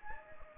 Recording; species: mosquito wingbeat signal from an infrared sensor; Anopheles gambiae